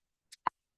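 A side-cutting safety can opener, clamped on a metal can, gives a click after about ten turns of its handle to signal that the lid is cut free. A faint, high-pitched tick comes at 0.3 s, then a sharp, louder click at 0.5 s, with silence on either side. The mechanism has released, so the lid is cut free.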